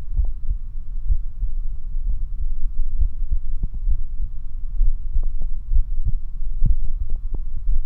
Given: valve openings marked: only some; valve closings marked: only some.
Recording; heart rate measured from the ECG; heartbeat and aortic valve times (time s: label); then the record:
heart sounds by stethoscope; 64 bpm
0.19 s: heartbeat (ECG mark)
0.27 s: aortic valve opens (echo mark)
0.50 s: aortic valve closes (echo mark)
1.11 s: heartbeat (ECG mark)
1.19 s: aortic valve opens (echo mark)
1.44 s: aortic valve closes (echo mark)
2.09 s: heartbeat (ECG mark)
2.17 s: aortic valve opens (echo mark)
2.42 s: aortic valve closes (echo mark)
3.01 s: heartbeat (ECG mark)
3.09 s: aortic valve opens (echo mark)
3.91 s: heartbeat (ECG mark)
3.99 s: aortic valve opens (echo mark)
4.83 s: heartbeat (ECG mark)
4.91 s: aortic valve opens (echo mark)
5.75 s: heartbeat (ECG mark)
5.82 s: aortic valve opens (echo mark)
6.69 s: heartbeat (ECG mark)
6.76 s: aortic valve opens (echo mark)
7.71 s: heartbeat (ECG mark)
From the record:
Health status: healthy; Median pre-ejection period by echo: 80 ms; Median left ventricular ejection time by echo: 252 ms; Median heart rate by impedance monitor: 66 bpm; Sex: male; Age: 29 years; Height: 170 cm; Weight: 92 kg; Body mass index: 31.83